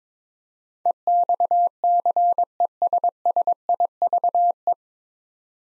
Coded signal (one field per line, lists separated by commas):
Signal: Morse code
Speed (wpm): 22 wpm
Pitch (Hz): 700 Hz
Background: none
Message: EXCESSIVE